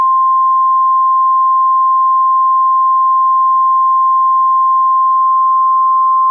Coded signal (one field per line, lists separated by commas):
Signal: Emergency Alert System (SAME) tones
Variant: 1050 Hz attention tone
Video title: 21st June 2026 - EF1 Tornado - Holland, Dale Indiana - NOAA Weather Radio